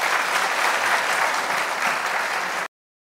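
A crowd claps steadily, a dense, even wash of many hands for about two and a half seconds before it stops abruptly. No one speaks.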